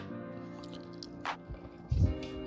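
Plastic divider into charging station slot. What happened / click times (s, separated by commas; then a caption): Handled, not yet home: plastic divider being fitted, no seating click / none. A plastic divider is handled at a slot on an Allcaca USB charging dock station with two 10W fast wireless charging pads while music plays underneath. Soft plastic handling noises, a faint tick near 1.0 s, a brief hiss around 1.3 s and dull low thumps near 1.5 s and 2.0 s are heard. Nothing has seated or clicked yet.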